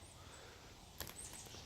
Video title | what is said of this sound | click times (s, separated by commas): Tarp with hanging line update | and you can hear that snap when you go around the back side of the toggle. | 1.0 s, 1.1 s